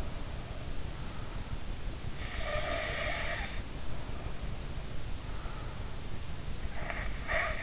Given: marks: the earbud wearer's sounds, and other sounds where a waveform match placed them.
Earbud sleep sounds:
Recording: sounds in sleep by an in-ear microphone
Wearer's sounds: snoring breath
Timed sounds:
2.08-4.61 s: snoring breath
6.52-7.63 s: snoring breath

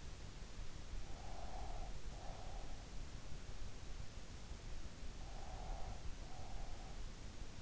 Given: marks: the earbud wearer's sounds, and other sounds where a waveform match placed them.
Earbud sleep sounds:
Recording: sounds in sleep by an in-ear microphone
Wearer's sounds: breath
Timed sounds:
0.92-2.99 s: breath
5.15-7.62 s: breath

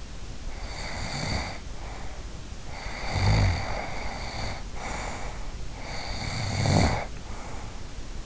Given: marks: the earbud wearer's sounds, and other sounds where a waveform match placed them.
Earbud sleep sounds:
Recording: sounds in sleep by an in-ear microphone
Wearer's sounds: snoring breath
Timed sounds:
0.43-2.12 s: snoring breath
2.68-5.60 s: snoring breath
5.76-7.65 s: snoring breath

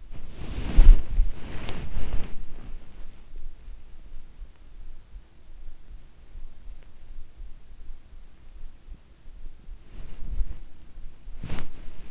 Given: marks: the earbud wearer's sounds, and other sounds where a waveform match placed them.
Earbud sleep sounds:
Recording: sounds in sleep by an in-ear microphone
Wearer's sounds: body movement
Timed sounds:
0.00-2.57 s: body movement
9.77-12.11 s: body movement

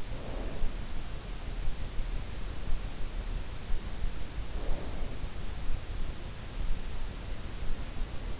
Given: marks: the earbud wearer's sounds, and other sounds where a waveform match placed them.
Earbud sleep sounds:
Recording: sounds in sleep by an in-ear microphone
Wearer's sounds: snoring breath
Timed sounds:
0.00-0.68 s: snoring breath
4.31-5.34 s: snoring breath

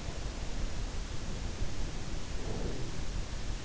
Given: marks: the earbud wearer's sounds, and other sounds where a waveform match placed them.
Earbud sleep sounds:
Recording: sounds in sleep by an in-ear microphone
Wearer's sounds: breath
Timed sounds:
0.59-3.49 s: breath

